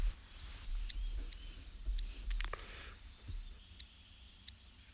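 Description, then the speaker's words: Hawfinch calls: several sharp, very high clicking ticks given singly at irregular intervals, with a soft scratchy rustle in the middle and quiet background. Described as an almost timid sound; the bird cracks fruits such as pine nuts and swallows them; riverside forest of the Ribera del Ciudadeja, near Las Navas de la Concepción, Sierra Norte / Sierra Morena de Sevilla. "Este sonido casi tímido es el del pico gordo, que tiene pues esa característica para romper frutos, por ejemplo piñones, y tragarlos, el fruto, claro."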